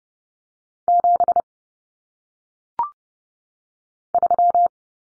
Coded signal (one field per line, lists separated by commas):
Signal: Morse code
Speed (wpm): 30 wpm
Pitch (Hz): 700 Hz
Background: none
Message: 7 3